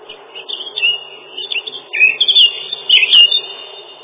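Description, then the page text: Lesser whitethroat singing a scratchy, chattering warble of short notes, with louder, busier bursts of twittering in the second half; muffled tone throughout. "Славка-завирушка, или славка-мельничек — Sylvia curruca"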